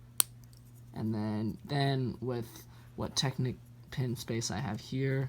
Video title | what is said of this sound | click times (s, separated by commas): LEGO Star Wars Luke’s Landspeeder and TIE Experimental M1 MOC by me | um you just take this and put it in here first so we're gonna hear that click | 0.2 s